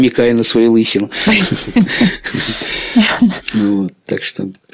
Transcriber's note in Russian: Смеется